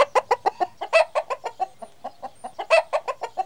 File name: chicken